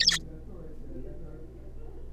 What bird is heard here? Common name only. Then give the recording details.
Zebra Finch. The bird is a juvenile. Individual R3549